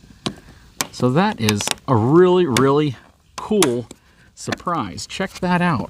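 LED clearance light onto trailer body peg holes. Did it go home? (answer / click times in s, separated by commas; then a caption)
yes / 0.3 s, 0.8 s. An LED trailer clearance light is pushed onto the two peg holes in a trailer's front panel and snaps into place. Two sharp clicks are heard at 0.3 s and 0.8 s, one for each peg, and the light is seated. Someone talks throughout.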